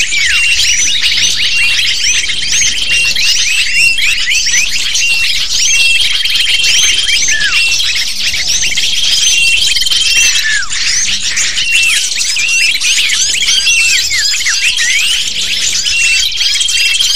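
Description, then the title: A noisy lovebird chorus of shrill, overlapping squeaks and chirps that never pauses, with faint sustained high whistles throughout. Calls used as a lure to attract lovebirds. "PIKAT BURUNG LOVEBIRD"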